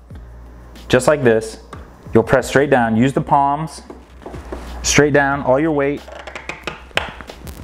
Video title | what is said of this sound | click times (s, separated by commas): INSTANTLY IMPROVE YOUR SKATEBOARD | you'll hear it click in | 7.0 s